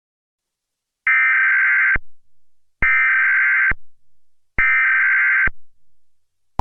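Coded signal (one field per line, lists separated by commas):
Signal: Emergency Alert System (SAME) tones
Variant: header bursts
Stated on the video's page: Fictional scenario built from valid tones.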